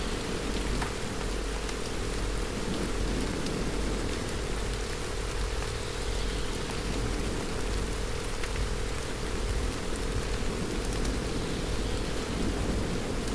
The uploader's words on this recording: Relaxing rain sounds with frequency.